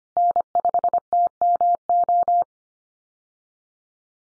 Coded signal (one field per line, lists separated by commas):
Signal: Morse code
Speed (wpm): 25 wpm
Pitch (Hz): 700 Hz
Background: none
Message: N5TMO